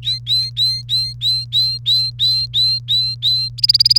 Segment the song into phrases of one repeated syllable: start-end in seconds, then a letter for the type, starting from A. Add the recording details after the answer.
0.03-3.49 A, 3.58-3.98 B. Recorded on 1 May 2018 at 11:45. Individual llb3